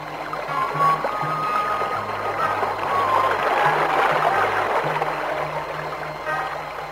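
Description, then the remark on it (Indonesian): The water of the Cipunagara river flows in a steady, unbroken rush, a full hissing wash that holds an even loudness throughout, with a faint low droning hum running underneath. “Setelah beberapa saat berjalan, rombongan kecil itu tiba di pinggir sungai Cipunagara. Dan kemudian mereka menyusuri sungai Cipunagara.”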